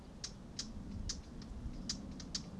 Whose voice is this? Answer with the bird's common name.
Eurasian Blackcap